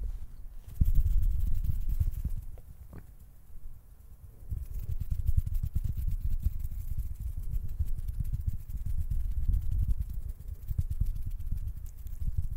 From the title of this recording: CAMERA TOUCHING E MOUTH SOUNDS